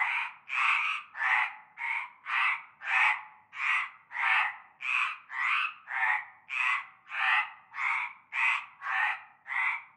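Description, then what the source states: Chorus of frogs giving quick grating croaks, about two a second, fairly regular and unbroken. Chorus of frogs from nightfall in a large concrete basin with stagnant greenish water, Avenue Cante Coucou, Groupède, La Ciotat, Bouches-du-Rhône, France.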